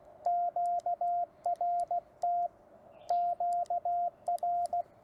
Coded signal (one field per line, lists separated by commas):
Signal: Morse code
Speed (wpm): 16 wpm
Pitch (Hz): 700 Hz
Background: radio noise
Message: QRT QR